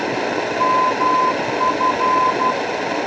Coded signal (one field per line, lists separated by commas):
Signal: Morse code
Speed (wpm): 12 wpm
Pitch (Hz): 1020 Hz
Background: none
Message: MF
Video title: Weird radio sounds:2